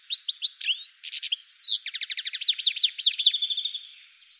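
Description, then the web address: Bird giving a short, lively song of sharp chirps and a fast trill of evenly repeated notes, ending in a fading whistle. "cianscape birddata"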